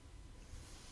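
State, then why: Not seated. A small plastic micro building block is handled and pressed against a Darth Vader figure model being built from micro blocks. Only a steady, faint hiss with a low rumble is heard, with no sharp hits. Nothing has seated or clicked into place yet.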